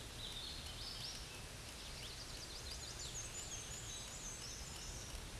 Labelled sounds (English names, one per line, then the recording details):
Black-and-white Warbler song
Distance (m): 50 m
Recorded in a Pennsylvania forest on 18 May 2023 at 13:58
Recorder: AudioMoth, point grid1_14_low
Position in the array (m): 90 m, 104 m